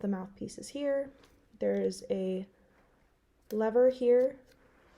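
Someone talks while handling an Advair Diskus, a plastic disk-shaped dry powder inhaler, whose outer cover is slid open by its thumb grip to expose the mouthpiece. Only speech is heard, with quiet gaps and a faint tick at 4.5 s. The mouthpiece has not yet clicked or locked into place.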